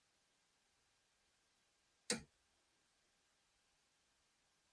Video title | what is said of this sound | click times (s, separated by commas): Focus RS Vapor Canister Purge Solenoid Valve Replacement | just clicks into place | 2.1 s